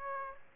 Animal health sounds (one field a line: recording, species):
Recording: mosquito wingbeat signal from an infrared sensor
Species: Aedes aegypti